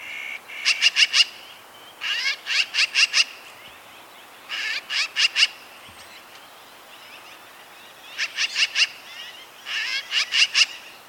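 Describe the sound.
Magpie chatter repeated in five rapid bursts of several grating notes each, spaced irregularly, with light background noise.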